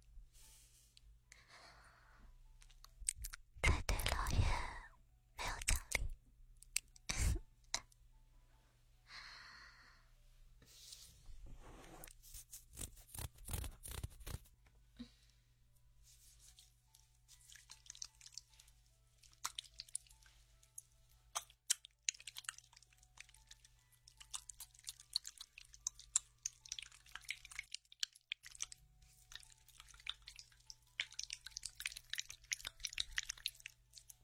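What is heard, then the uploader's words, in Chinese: An ear spa with aloe gel: wet, sticky squelches and crackles come in dense bursts, with heavy, loud rubbing sweeps around 4–8 and 11–15 seconds. Afterward the gel sounds turn finer and quieter, a steady crisp crackling over a constant low hum. 超爽の芦荟胶耳朵SPA。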